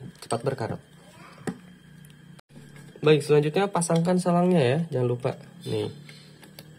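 Someone talks while pushing the water hose onto the outlet of a Xiaomi TDS rechargeable electric gallon water pump, reassembling it after a battery swap. Brief faint handling taps are heard between the speech. The hose connector has not clicked or seated yet when the clip ends.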